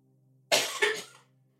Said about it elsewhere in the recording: You can hear me coughing off mic over there.